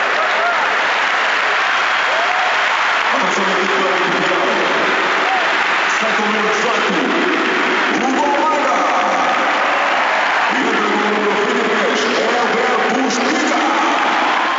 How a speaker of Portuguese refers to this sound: Na segunda parte, os primeiros grandes aplausos foram para as substituições efetuadas na equipa lusa.